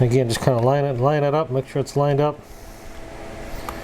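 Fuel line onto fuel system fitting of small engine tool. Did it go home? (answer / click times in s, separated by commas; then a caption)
no / none. A small fuel line is lined up against a fuel system fitting on a small-engine outdoor power tool while someone talks over a low steady background. The line has not snapped onto the fitting yet, and nothing has seated or clicked.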